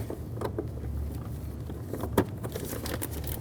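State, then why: Not seated. While replacing the wheel hub and bearing assembly on a 2003-2011 Mercury Grand Marquis, the ABS wheel speed sensor wire from the new hub is routed along the top into the engine compartment, and its plastic connector is handled toward the mating wiring harness plug. Soft cable-handling rustles and light crackling run over a low hum, with one brief sharp knock near 2.2 seconds. The connector has not yet seated or clicked into the plug.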